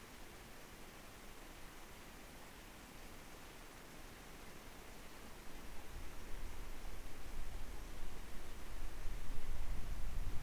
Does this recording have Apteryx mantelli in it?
no